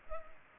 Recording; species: mosquito wingbeat signal from an infrared sensor; Culex pipiens